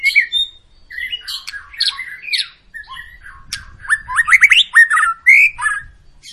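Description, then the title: White-rumped shama song, busy mix of slurred whistles, squeaks and fast trilled phrases, varying constantly. Long, vigorous song of a white-rumped shama, used as a lure to make other birds sing. "Pancingan Murai Batu Gacor Panjang"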